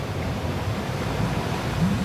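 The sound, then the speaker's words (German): Roaring sea waves churn in a steady, unbroken wash of deep rumbling noise, holding an even loudness throughout with no voices present. “Das Meer beginnt zu brüllen.”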